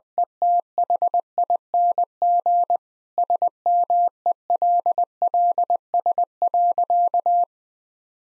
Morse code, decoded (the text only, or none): ETHING SMELLS.